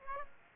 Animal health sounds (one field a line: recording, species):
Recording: mosquito wingbeat signal from an infrared sensor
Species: Aedes aegypti